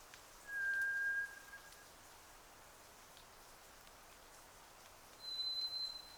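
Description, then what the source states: White's thrush whistling song: one drawn-out mid-pitched whistle, then a long gap and a higher thin whistle, with rain pattering throughout. Recorded 31 May 2009 at 02:58, at night in rain.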